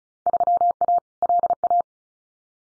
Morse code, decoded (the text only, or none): 3A LA